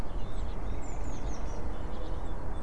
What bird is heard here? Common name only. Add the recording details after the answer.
Eurasian Blue Tit. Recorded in Germany. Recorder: ecoPi